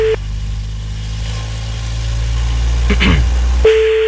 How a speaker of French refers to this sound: Bon, bah, du coup, je redémarre la voiture.